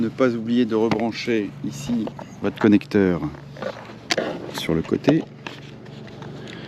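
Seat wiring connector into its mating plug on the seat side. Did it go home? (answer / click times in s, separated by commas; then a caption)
no / none. During a Highland Performance seat install in a 2022 Tesla, the seat wiring connector is handled near its mating plug on the side of the seat while someone talks. A few short handling knocks are heard, but nothing has seated or clicked yet.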